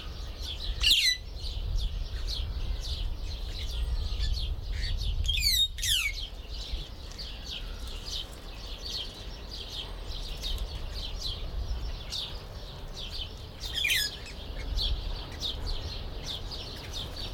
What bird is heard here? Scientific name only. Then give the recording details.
Dinemellia dinemelli. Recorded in captivity. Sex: group. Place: Zoo Berlin, Berlin, DE. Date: 1996-04-20 18:13. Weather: sonnig, 23°C. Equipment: Sony MD-WM MZ-R3, Sennheiser MKH 416 T, Kopie Uher 4000 Report Monitor. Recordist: Tembrock, Günter